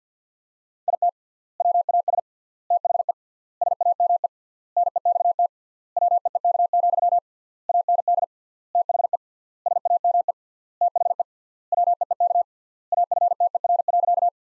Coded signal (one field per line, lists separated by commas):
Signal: Morse code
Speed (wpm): 50 wpm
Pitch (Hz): 700 Hz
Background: none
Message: IT WAS THE SAME NEXT WEEK, AND THE SAME THE WEEK AFTER.